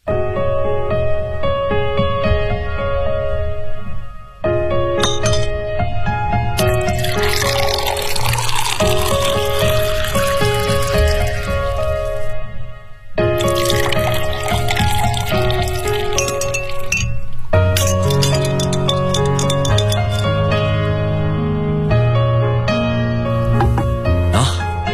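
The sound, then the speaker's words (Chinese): A rum crushed-ice cocktail of white rum, lime juice, sugar syrup and Angostura bitters is mixed with crushed ice: steady clinking and rattling of ice against glass, with splashing and pouring liquid, in several loud continuous stretches separated by brief pauses. “这是你的鸡尾酒。 哎呦，这么多碎冰啊，难道真是柠檬水加冰块吗？”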